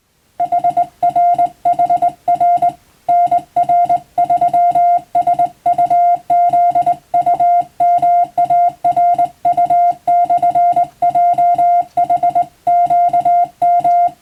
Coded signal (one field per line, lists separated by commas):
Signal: Morse code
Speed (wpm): 20 wpm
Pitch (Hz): 700 Hz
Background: music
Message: HR HR NR3 SUZUMARU/JHQM